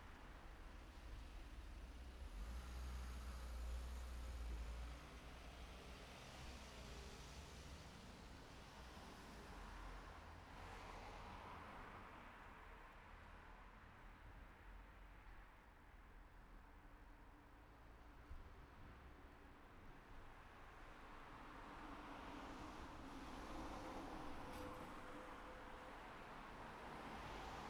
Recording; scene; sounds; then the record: everyday scene through a hearing-aid microphone; in traffic; traffic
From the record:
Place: city secondary road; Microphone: behind the ear, right, rear